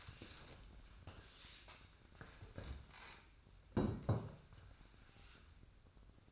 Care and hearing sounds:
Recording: daily activity, microphone in the room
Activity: stand up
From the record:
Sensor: 2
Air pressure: 1004.9 hPa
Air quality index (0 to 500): 94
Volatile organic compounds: 2 ppm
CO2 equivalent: 1142 ppm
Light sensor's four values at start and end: 7/16/7/7 and 7/16/6/7

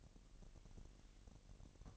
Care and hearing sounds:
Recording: daily activity, microphone in the room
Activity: take from stove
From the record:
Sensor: 4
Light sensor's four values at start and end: 27/65/26/25 and 27/64/26/25

